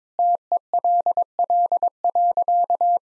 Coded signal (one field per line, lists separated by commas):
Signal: Morse code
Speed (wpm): 22 wpm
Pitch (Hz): 700 Hz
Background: none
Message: TELL.